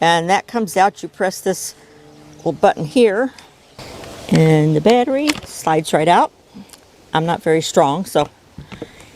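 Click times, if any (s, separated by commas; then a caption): 8.7 s. Someone talks while the 20 V, 5 Ah battery pack of a DEWALT 996 cordless hammer drill is released with its small button and slid out, then slid back into the drill's handle as the new drill is prepared for garden use. A single sharp, short click at 8.7 s marks the battery latching home, and it is seated.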